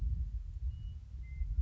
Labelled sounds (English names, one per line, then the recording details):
Western Meadowlark
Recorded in Sonoma County, California